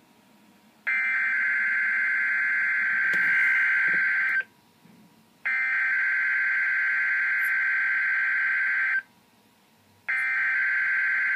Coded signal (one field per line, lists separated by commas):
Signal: Emergency Alert System (SAME) tones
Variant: header bursts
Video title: EAS #7: Required Weekly Test - June 12, 2013